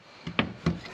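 A heater core part is pushed into the HVAC housing during a heater core replacement in a classic Buick. A soft knock at 0.3 s is followed by a sharp knock at 0.4 s and another at 0.7 s. The part is still not fully seated.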